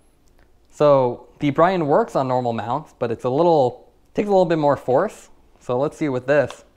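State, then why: Not seated. A Bryton cycling computer is being handled in front of its own brand's aluminium out-in-front quarter-turn handlebar mount while someone talks throughout. A few faint taps occur near the start. Nothing has seated or clicked yet.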